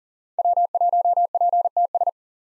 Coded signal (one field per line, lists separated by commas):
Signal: Morse code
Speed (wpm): 40 wpm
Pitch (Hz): 700 Hz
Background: none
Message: W1PTS